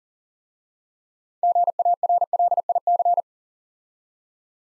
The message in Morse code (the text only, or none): GARLIC